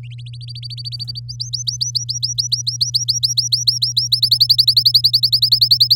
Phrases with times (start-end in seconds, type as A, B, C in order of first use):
0.18-1.20 A, 1.28-4.08 B, 4.12-5.95 C